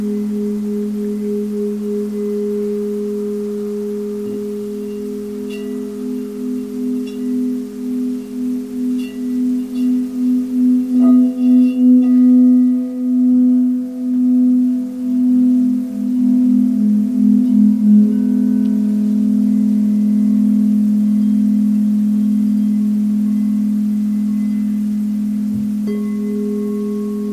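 Crystal singing bowls sound a steady low drone with a higher tone ringing above it. Around the middle the tones beat and swell, giving a slow pulsing wobble that settles again. Faint light taps and ringing touches appear near 5, 11 and 25 seconds.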